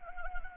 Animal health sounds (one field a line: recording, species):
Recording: mosquito wingbeat signal from an infrared sensor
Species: Anopheles arabiensis